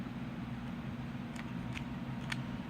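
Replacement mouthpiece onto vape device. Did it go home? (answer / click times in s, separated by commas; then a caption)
no / none. A newly bought replacement mouthpiece of the same model is fitted onto a Hebe Titan 2 vape device over a steady low hum, with faint light taps near 1.4, 1.8 and 2.3 seconds. The mouthpiece does not latch and falls off, so nothing has clicked into place.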